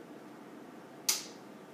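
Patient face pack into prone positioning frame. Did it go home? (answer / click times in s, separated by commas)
partly / 1.1 s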